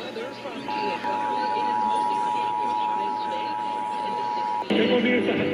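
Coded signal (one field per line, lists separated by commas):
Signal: Emergency Alert System (SAME) tones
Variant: 853 and 960 Hz attention tone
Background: speech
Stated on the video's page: Required monthly tests received on Los Angeles broadcast stations.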